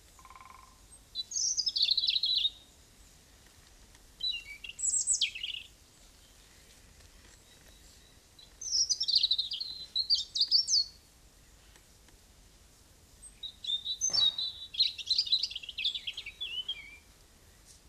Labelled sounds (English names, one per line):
European Robin song